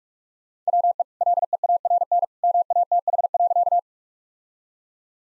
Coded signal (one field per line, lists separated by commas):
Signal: Morse code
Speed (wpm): 46 wpm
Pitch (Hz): 700 Hz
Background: none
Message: WE LEARN MATH.